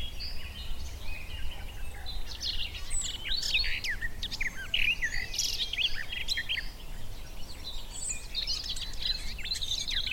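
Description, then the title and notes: Garden warbler song, a fast, continuous warbling stream of varied chirps and trills with steady low background rumble. Male singing a fluted, rather frenetic song in spring on a scrubby hillside with hawthorns in bloom; migrant species. "Sound escape 65: be enchanted by the little-known song of the garden warbler. by Fergus Collins"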